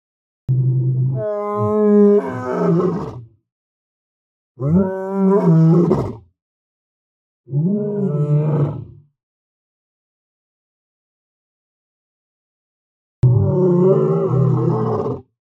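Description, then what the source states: Lion roaring: four long, moaning, harmonic calls, wavering in pitch and separated by silences, the last after a long pause. Plaintive roar of a lion.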